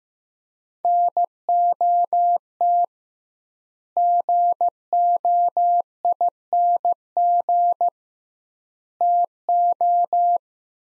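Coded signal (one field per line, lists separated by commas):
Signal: Morse code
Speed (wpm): 15 wpm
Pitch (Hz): 700 Hz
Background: none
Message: NOT GOING TO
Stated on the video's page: Morse practice of sets of five words at 15 wpm with 2x word spacing, a Farnsworth-like method; words sent, spoken, then sent again.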